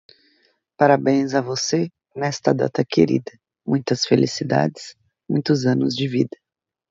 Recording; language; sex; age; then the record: short text; Brazilian Portuguese; female; 30 to 39 years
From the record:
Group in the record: control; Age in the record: 30 years